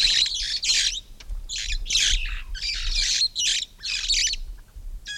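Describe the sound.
Red-fronted parrot calling loudly with harsh, grating screeches repeated in quick succession, almost continuous throughout.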